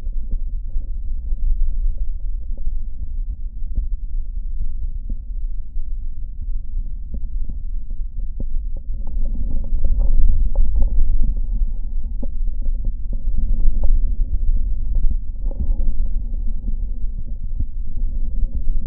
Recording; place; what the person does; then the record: lung sounds by stethoscope; right posterior basal chest; quiet breathing, then deep breathing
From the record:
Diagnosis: COPD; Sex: male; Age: 77 years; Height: 164 cm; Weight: 58.2 kg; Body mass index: 21.6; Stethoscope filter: diaphragm mode